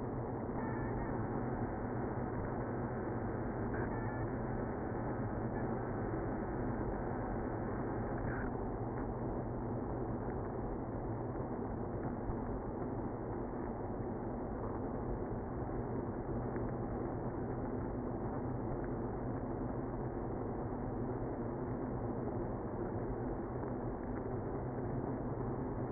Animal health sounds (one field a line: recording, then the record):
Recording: honeybee colony, microphone inside the hive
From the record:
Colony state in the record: queenless (queen removed)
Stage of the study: after two queens were removed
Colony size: about 60,000 bees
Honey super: yes